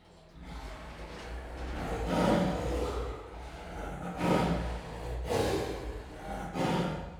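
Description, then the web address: Siberian tiger making loud, breathy snorts and huffs, several forceful exhalations in a row with pauses between them. Two sister females, captive at Miskolc Zoo, recorded in 2018. "allathangok miskolcizoo 2018 sziberiai tigris ketnostenytestver miskolczoo"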